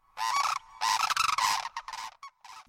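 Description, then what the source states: Sandhill crane calls: loud, harsh, rolling rattles delivered in several bursts, some stuttering and trilled, with short gaps between them. Described as looking and sounding like a modern-day dinosaur.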